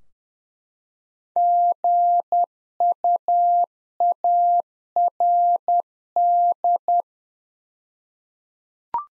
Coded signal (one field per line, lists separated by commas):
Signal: Morse code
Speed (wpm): 10 wpm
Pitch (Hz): 700 Hz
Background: none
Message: GUARD